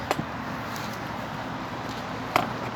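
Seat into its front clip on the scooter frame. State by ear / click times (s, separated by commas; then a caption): seated / 2.4 s. A Mash Fifty scooter seat is lowered and pushed forward into its front clip on the frame. After a couple of light knocks near the start and a steady low hum, a sharp click at 2.4 s marks the seat snapping into place, and it is confirmed properly clipped in.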